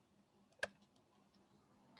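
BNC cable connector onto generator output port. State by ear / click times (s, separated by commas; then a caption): seated / 0.6 s. A BNC cable connector's bayonet collar is twisted onto a signal generator's output port and locks with a sharp click at 0.6 s, after which the connector is secure and won't come off. A much fainter tick follows near 2.0 s over quiet background noise.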